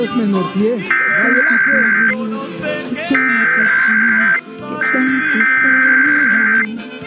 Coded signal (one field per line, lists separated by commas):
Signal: Emergency Alert System (SAME) tones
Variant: header bursts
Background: speech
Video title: EMF and IPAWS Weeklies (EAS #9586-9592) 1/22-23/23